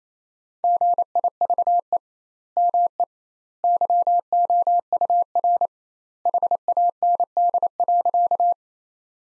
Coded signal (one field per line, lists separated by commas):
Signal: Morse code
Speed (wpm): 27 wpm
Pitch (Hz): 700 Hz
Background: none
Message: GIVE ME YOUR HAND.